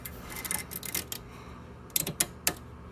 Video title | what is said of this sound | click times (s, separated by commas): Mishimoto Transmission Cooler Install & Review! | Perfect, and you should hear a pretty audible click once it gets seated. | 2.0 s, 2.2 s, 2.5 s